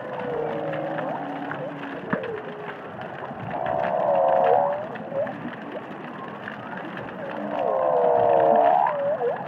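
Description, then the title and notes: Humpback whale song underwater, two long moaning phrases with dense harmonics, separated by softer squeaks and chirps, over steady background noise. Humpback whales singing and calling, recorded underwater in the Indian Ocean. "Whale Song is a collection of underwater recordings of humpback whales"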